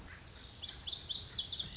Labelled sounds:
Lazuli Bunting (Passerina amoena)
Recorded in Sonoma County, California

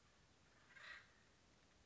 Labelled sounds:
Acorn Woodpecker (Melanerpes formicivorus)
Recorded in Sonoma County, California

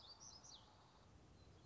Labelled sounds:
Black-throated Gray Warbler (Setophaga nigrescens)
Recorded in Sonoma County, California

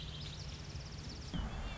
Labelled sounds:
Red-winged Blackbird (Agelaius phoeniceus)
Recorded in Sonoma County, California

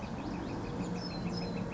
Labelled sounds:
California Towhee (Melozone crissalis)
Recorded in Sonoma County, California

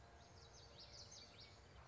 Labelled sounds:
Common Yellowthroat (Geothlypis trichas)
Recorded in Sonoma County, California

